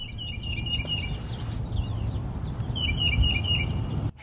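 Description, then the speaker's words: Tufted titmouse calling, short runs of high repeated notes near the start and again near the end, over steady low background noise. Neighborhood in Tuscaloosa, Alabama, on a chilly early-spring morning; a small sound described as actually quite loud. "And that little sound, which is actually quite loud, is a tufted titmouse."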